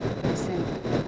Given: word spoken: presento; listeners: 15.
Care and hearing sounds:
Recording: one Spanish word in noise, from a listening test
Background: noise modulated by three-talker babble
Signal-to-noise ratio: -6.4 dB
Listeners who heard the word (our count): 1 of 15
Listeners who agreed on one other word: 6 of 15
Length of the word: 0.68 s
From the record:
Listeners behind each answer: 6, 3, 1, 1, 1, 1, 1, 1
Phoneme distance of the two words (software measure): 10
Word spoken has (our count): 3 syllables, 8 phonemes, stress on syllable 2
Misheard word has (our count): 3 syllables, 8 phonemes, stress on syllable 2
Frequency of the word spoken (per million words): 2.39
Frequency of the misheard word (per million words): 158.69

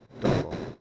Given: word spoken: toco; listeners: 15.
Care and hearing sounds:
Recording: one Spanish word in noise, from a listening test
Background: noise modulated by one talker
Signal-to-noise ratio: -8.8 dB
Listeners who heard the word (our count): 0 of 15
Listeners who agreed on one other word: 6 of 15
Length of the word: 0.41 s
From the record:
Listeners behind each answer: 6, 5, 2, 1, 1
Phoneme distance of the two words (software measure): 10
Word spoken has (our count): 2 syllables, 4 phonemes, stress on syllable 1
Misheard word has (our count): 2 syllables, 4 phonemes, stress on syllable 1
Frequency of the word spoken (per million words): 2.47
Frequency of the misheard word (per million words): 1.84

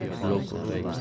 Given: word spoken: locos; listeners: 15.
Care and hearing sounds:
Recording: one Spanish word in noise, from a listening test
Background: eight-talker babble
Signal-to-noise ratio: -0.2 dB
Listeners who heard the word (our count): 4 of 15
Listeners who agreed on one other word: 6 of 15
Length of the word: 0.61 s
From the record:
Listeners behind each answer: 6, 4, 1, 1, 1, 1, 1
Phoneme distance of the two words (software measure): 7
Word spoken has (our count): 2 syllables, 5 phonemes, stress on syllable 1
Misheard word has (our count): 2 syllables, 4 phonemes, stress on syllable 1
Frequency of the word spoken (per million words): 15.47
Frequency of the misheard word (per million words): 38.62

